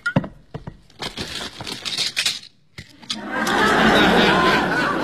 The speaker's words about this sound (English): Mr. Walsh, is that a pitcher of water on your desk? Would you mind pouring me a glass? Certainly, Mrs. Robertson.